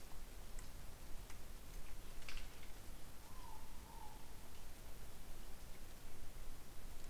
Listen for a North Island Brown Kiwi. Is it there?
no